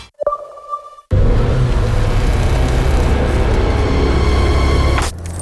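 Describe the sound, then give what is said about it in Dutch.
In a radio advert for Autotaalglas car windows, a brief electronic chime gives way to loud, steady road rumble of a car driving, ended by a sudden sharp crack as the windscreen is struck and damaged, then quieter hum. “Auw, dat wordt een nieuwe ruit.”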